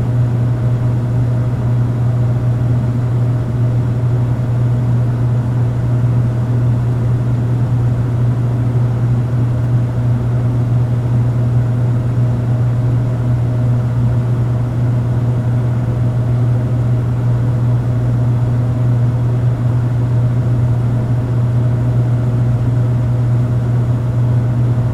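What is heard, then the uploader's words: A heater runs with a steady, unbroken drone, dominated by a strong low hum with a faint higher whine above it. The level never changes across the whole stretch, with no clicks, starts or stops, just a dense, even rumble. Heater Sound.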